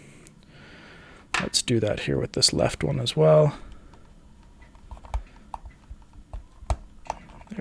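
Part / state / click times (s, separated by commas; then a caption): prescription lens base adapter into VR headset lens opening / seated / 6.7 s. Someone talks, then a left plastic VR Wave prescription lens base adapter is pressed into the left lens opening of a Meta Quest 3 headset with a few light plastic taps. It clicks in at 6.7 s and is confirmed seated.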